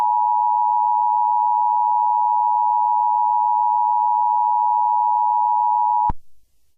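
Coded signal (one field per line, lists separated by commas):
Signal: Emergency Alert System (SAME) tones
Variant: 853 and 960 Hz attention tone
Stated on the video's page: Fictional EAS scenario, simulated rather than a real alert.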